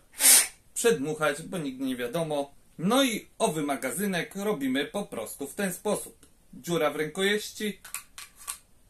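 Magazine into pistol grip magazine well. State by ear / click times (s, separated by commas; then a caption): seated / 8.5 s. Someone talks while a pistol magazine is pushed into the magazine well in the pistol grip. A sharp click is heard at 8.5 s as the magazine seats, locked in place so it will not come out.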